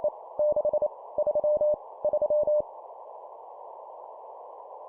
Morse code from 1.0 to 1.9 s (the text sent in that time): 3